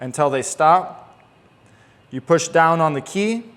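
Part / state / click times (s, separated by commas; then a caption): ignition key turning the steering column lock on a motorcycle / not seated / none. On a Janus 250 motorcycle with the handlebars turned fully left, the ignition key is being pushed down to set the steering column lock while someone talks. Mostly speech is heard, with a quiet gap in the middle. The key has not yet clicked into the lock position, and nothing has seated.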